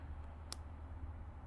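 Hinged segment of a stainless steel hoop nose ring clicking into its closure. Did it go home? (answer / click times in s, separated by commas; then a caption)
yes / 0.5 s. A hinged segment of a seamless stainless steel hoop nose ring is pressed down by hand until its bullet end clicks into its hole. A single sharp click sounds at 0.5 s over a steady low hum. The closure snaps shut and the ring is securely attached.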